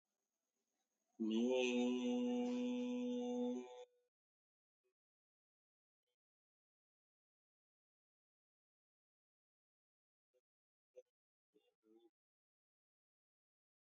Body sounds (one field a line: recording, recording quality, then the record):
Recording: sustained vowel as in made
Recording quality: excellent, no background noise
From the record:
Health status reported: healthy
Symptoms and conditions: diabetes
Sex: male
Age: 26 years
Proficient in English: yes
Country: India